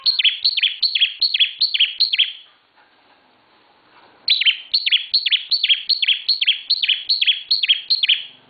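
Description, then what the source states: Bar-winged prinia singing rapid repeated downward-sweeping chirps in two steady series, with a brief soft pause between. Song recording made for training cage birds.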